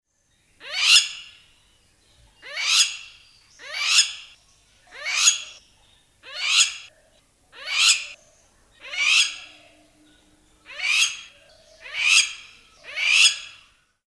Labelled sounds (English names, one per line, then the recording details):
Crowned Lapwing
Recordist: Tembrock, Günter
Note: Warnrufe